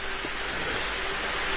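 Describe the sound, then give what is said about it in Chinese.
Rain pours down in a steady, dense hiss with no breaks. It stays at an even, fairly loud level throughout, and no voices are heard. “打雷了，下雨了”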